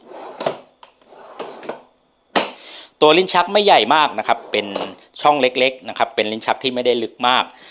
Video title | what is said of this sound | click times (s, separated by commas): รีวิวกล่องเก็บเครื่องมือ DEWALT TSTAK ไอเทมที่สายช่างต้องมี | ปิดก็แค่เลื่อนเข้าไปดันให้เข้าล็อคแบบนี้ | 2.4 s